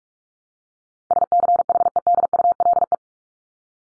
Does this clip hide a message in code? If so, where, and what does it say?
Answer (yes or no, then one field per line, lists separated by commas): yes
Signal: Morse code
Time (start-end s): 1.1-3.0 s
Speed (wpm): 44 wpm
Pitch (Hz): 700 Hz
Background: none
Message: SCHEDULE